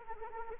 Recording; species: mosquito wingbeat signal from an infrared sensor; Anopheles arabiensis